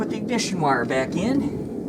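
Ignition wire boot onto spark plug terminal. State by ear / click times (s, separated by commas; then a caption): not seated / none. Someone talks while the ignition wire boot is handled to be pushed back down onto the spark plug terminal during a spark plug change. Nothing has seated or clicked on yet in this clip.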